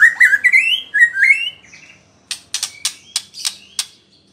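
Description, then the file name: White-rumped shama song, rich whistled rising phrases followed by a series of sharp clicking notes repeated several times a second. Female bird. "murai batu betina"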